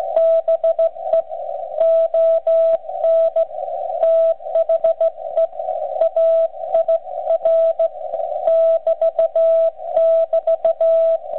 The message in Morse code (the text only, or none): BE ON THE AIR <BT><BT>